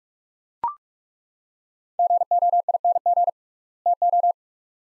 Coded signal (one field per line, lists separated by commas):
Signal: Morse code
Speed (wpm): 43 wpm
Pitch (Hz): 700 Hz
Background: none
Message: GOING TO